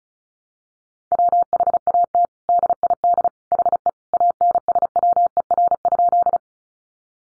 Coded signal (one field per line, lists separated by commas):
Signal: Morse code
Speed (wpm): 34 wpm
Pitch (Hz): 700 Hz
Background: none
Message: WHAT DID HE ANSWER?